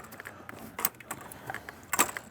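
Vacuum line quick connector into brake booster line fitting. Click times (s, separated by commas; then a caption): 1.9 s. A new plastic brake booster vacuum line on a 2007-2012 R56 MINI Cooper (Cooper, Cooper S, JCW) is pushed by hand onto its quick-connect fitting at the firewall, behind the catch can, during a vacuum pump replacement. Light plastic handling ticks and rustles lead to a sharp latching click at 1.9 s, followed by a brief rattle. The connector is seated and latched, then pull-tested.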